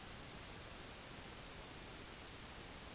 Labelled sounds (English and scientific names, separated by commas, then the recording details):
none
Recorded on Arctic tundra, site UTQI-5, on 21 June 2018
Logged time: 08:00